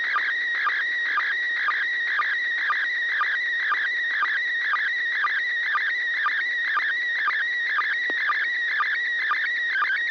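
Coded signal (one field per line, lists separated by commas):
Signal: SSTV (slow-scan television)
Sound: warbling tone shifting around mid pitch, with short lower blips twice a second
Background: radio static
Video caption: First Image Transmission Begin Resulting Image Beginning of a Second Image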